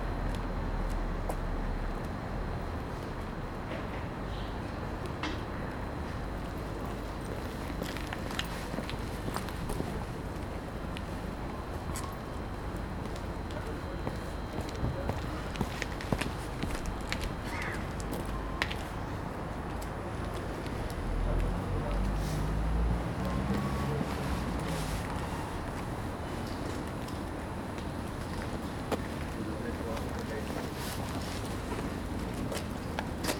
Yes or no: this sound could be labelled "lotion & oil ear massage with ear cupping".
no